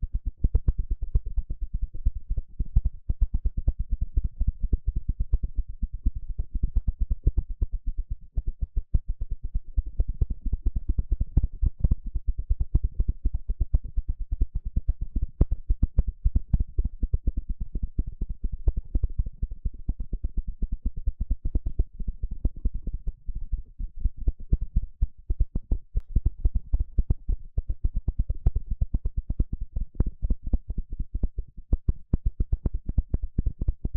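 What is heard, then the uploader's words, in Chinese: Rapid, dense scratching and tapping on an eardrum-like surface, low and muffled, keeps a steady restless crackle for the full half minute. 刺痛的鼓膜摳摳與敲打。Intense & Deep Sound NT5 Mic Scratching & Tapping | NoTalking。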